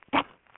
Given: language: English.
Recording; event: throat vibration sensor signal played as sound; cough